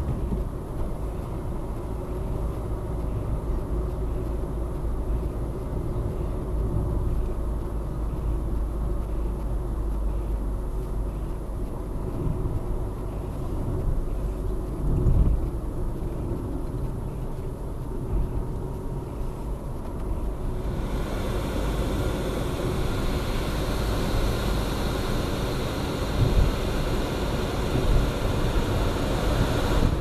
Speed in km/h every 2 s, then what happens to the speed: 57, 59, 59, 59, 55, 53, 51, 51, 46, 47, 52, 55, 55, 53, 55.
0-7 steady at about 59. 7-16 slows to 46. 16-22 speeds up to 55. 22-30 steady at about 55.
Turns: none.